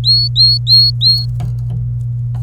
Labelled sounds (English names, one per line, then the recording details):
Domestic Canary song
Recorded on 27 April 2018 at 09:59
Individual llb3